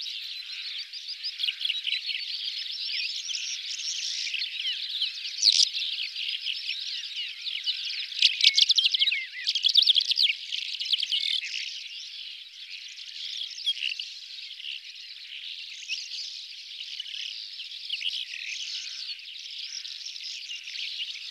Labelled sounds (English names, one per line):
Calandra Lark song